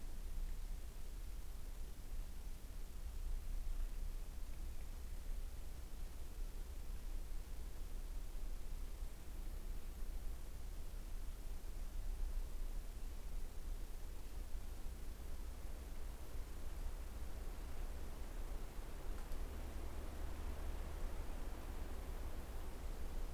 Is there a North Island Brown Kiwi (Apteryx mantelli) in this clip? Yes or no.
no